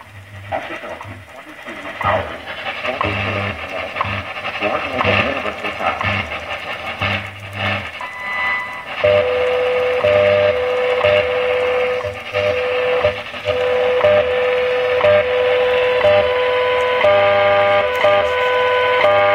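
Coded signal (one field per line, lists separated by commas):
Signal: radio time signal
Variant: WWV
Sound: faint voice in static, then a steady tone broken by a tick each second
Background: shortwave radio static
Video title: SX 28 WWV 15MHz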